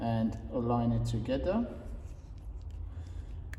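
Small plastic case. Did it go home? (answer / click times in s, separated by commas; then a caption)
yes / 3.5 s. Someone talks while the two plastic halves of a Mitsubishi L200/Lancer car key fob case are lined up and pressed together after the coin battery has been clipped in. A few faint ticks follow, then a sharp click at 3.5 s as the case halves snap into place, seated.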